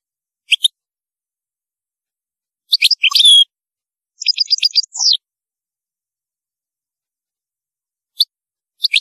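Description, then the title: European goldfinch giving short bursts of bright twittering notes and a fast trill, scattered between longer silences with single high chirps at the start and end. "Chant Chardonneret"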